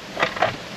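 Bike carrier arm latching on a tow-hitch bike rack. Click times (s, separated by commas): 0.4 s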